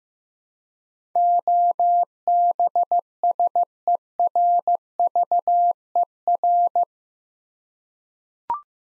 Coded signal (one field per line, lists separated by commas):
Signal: Morse code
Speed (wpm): 15 wpm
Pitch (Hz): 700 Hz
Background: none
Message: OBSERVER